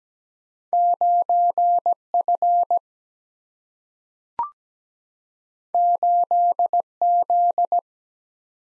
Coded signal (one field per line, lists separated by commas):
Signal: Morse code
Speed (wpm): 17 wpm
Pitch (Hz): 700 Hz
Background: none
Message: 9 F 8 Z